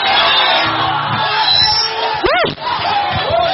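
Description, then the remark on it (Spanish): An audience at a night worship service shouts praise and glory in a loud, continuous wash of overlapping voices, with a few rising whoops breaking through near the middle. “Grita gloria en esta noche, que no te escuchen.”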